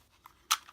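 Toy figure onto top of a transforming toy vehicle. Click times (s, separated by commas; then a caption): 0.5 s. A small plastic figure is pressed back onto the top of a transforming toy vehicle with its dial lined up, needing more effort than usual to go in. A faint tick at 0.3 s is followed by a sharp, bright snap at 0.5 s as the figure seats, then a light tick at 0.7 s.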